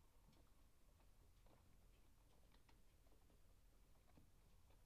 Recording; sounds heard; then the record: poultry house recording; healthy chickens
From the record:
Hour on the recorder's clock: 0